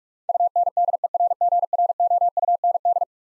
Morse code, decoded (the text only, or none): UNDERGROUND